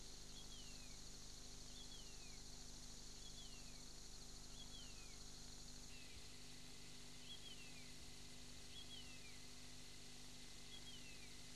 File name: White-eared Monarch rushck